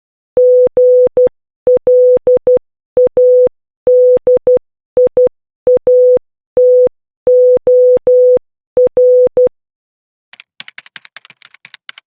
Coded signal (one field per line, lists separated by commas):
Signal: Morse code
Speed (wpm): 12 wpm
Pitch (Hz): 500 Hz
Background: none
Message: GLADIATOR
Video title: Morse Code Study Book - Practice a-t (2)